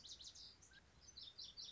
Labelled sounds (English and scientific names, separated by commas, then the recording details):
Lazuli Bunting (Passerina amoena)
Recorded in Sonoma County, California